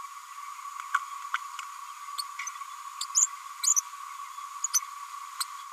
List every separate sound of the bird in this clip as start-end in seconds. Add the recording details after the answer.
0.93-0.98, 1.34-1.37, 3.00-3.05, 3.15-3.28, 3.76-3.81, 4.64-4.67, 4.73-4.80, 5.40-5.45. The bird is a female. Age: 31 days. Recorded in a nest box in Venezuela. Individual 17B102A6